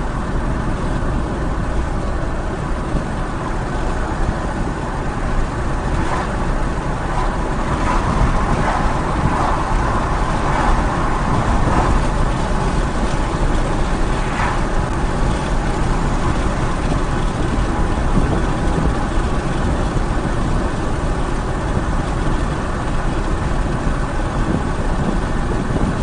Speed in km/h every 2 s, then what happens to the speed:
76, 79, 81, 82, 82, 85, 87, 85, 85, 87, 85, 87, 87.
0-12 speeds up to 87. 12-26 steady at about 87.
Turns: none.